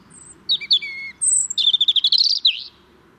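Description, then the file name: European robin singing a varied phrase: a high sibilant note, a sliding warble, a high whistle, then a fast rippling trill. "Erithacus rubecula"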